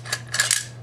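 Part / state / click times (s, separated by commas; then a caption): bolt carrier into rifle receiver / seated / 0.5 s. A steel bolt carrier is pushed up into an AR-15 receiver. Several short metallic clacks and scrapes are heard, ending in a sharp click at 0.5 s as the carrier seats into place.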